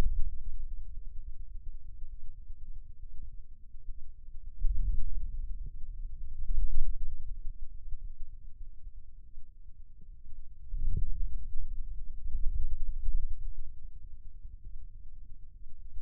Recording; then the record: forearm muscle sounds (acoustic myography)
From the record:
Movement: hand closing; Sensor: system 2, bracelet of six BSWA MPA416 microphones around the upper forearm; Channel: 5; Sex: male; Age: 22 years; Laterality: right